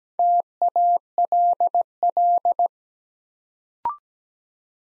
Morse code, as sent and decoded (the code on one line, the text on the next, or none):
- .- .-.. .-..
TALL